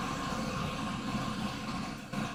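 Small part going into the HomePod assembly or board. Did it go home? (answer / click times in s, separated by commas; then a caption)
no / none. During a first-generation HomePod repair, a small part is handled and pressed toward its position in the HomePod assembly or board. A steady, engine-like broadband hum with a tone near 1 kHz runs throughout, dipping slightly before a sudden louder burst at about 2.1 s that lasts roughly 0.3 s. Nothing has seated or clicked into place yet.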